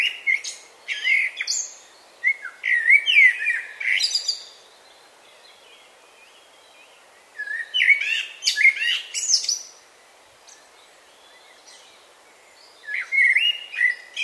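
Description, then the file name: Common blackbird song in three phrases: mellow warbled whistles followed by thin, scratchy high twitters, separated by several seconds of near silence with faint background hiss. "Turdus merula"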